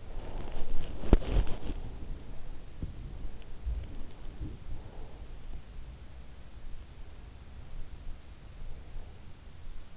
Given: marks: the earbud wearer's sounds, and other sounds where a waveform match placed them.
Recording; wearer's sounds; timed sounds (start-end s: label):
sounds in sleep by an in-ear microphone; body movement, breath
0.00-4.86 s: body movement
0.13-0.76 s: breath
4.76-5.34 s: breath